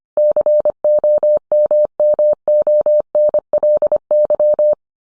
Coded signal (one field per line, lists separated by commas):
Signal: Morse code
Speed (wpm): 25 wpm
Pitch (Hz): 600 Hz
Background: none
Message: COMMONLY